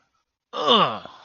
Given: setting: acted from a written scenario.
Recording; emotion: vocal sound without words; pride